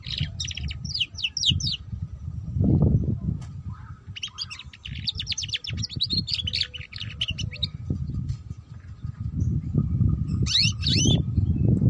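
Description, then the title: Canary song, rapid runs of bright chirps and downward sweeps in several bursts, with constant low rumble and thumping noise underneath. Belgian canary; meant to warm up and stimulate singing, used as a lure to teach canaries the ngeriwik sound. "Canto Para Esquentar Canário Belga. Suara Kenari Belajar Bunyi Ngeriwik || Cocok Untuk Pancingan Kenari Ngeriwik"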